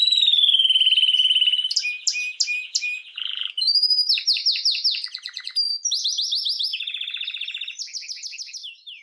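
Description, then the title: Belgian canary song opening with a long steady trill, then quick chip notes and a series of bright rolling tours changing pitch every second or two. Male Belgian canary named Raiden singing a lot; played to warm up young birds and Belgian canaries. "Esquente Seu Filhote E Canario Belga Em 30 Minutos Macho Cantando Muito. Canrio Belga RAIDEN Cantando Muito - Esquente seu Canrio Belga"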